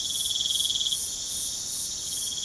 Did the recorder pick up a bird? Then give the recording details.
no. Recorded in pastures near Puerto Asís, Putumayo, Colombia, on 27 June 2025 at 03:30. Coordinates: 0.497, -76.327. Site G040